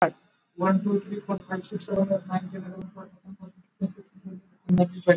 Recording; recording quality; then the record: counting at a fast pace; moderate, slight background noise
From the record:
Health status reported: exposed to COVID-19, no respiratory illness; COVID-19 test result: not tested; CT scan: not taken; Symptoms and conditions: none ticked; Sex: male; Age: 24 years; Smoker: no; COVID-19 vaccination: both doses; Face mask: worn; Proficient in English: yes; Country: India